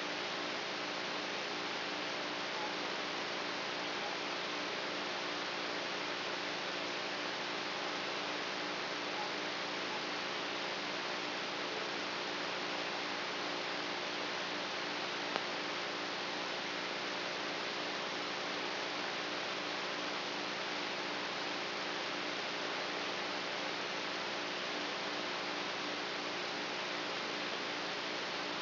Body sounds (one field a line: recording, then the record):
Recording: brain microelectrode recording played as sound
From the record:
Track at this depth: outside the subthalamic nucleus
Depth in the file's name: 0.407 mm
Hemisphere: right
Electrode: 3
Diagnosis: Parkinson's disease